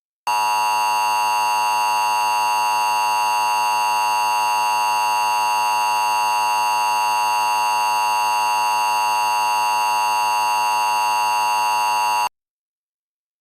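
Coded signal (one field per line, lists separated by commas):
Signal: Emergency Alert System (SAME) tones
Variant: 853 and 960 Hz attention tone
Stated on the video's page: Mock multi-part hybrid alert scenario set in a fictional film universe, simulated not real; audio may be unusually loud.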